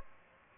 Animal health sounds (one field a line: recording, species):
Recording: mosquito wingbeat signal from an infrared sensor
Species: Aedes aegypti